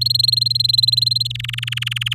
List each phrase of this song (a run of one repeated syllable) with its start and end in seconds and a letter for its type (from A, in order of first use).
0.01-1.27 A, 1.30-2.14 B